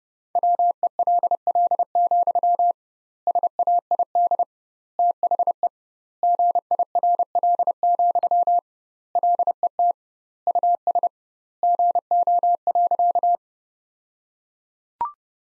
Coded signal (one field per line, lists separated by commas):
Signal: Morse code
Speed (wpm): 32 wpm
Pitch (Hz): 700 Hz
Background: none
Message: WELL, SAID THE GIRL, LET US GO.